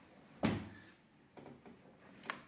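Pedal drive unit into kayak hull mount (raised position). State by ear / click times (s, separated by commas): seated / 2.3 s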